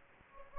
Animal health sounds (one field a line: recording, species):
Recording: mosquito wingbeat signal from an infrared sensor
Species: Anopheles gambiae